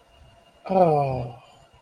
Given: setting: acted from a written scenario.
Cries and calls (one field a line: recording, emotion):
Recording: vocal sound without words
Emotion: awe